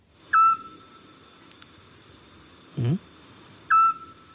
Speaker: Este es un autillo. Qué bonito, ¿eh? Qué bonito canta, además, ¿no?